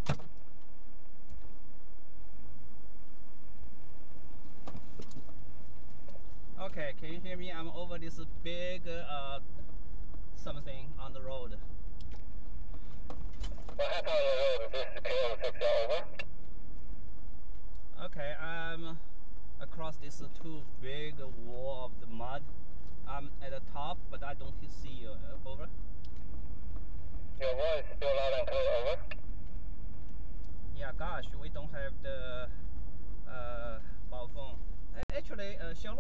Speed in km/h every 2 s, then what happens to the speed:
0, 0, 8, 15, 19, 21, 19, 16, 15, 11, 13, 19, 26, 27, 29, 31, 31, 26.
0-2 standing. 2-8 pulls away to 19. 11-19 slows to 11. 19-29 speeds up to 31. 29-36 steady at about 31.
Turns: none.